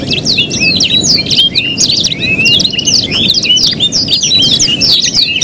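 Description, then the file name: Canary song, a dense stream of fast overlapping chirps and sweeping high whistles, continuous throughout. Canary contest simulation recording, with tutor-style fill-in (isian) songs mixed in. "audio simulasi lomba kenari isian. omkicau"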